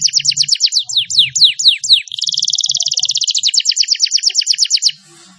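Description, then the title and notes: Atlantic canary song: a series of quick downslurred whistled notes, then a long, fast trill, then another series of rapid repeated notes. Bird lure sound. "Pikat Burung Baru. kenari"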